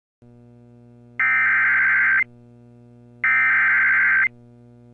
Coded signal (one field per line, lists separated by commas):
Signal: Emergency Alert System (SAME) tones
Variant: header bursts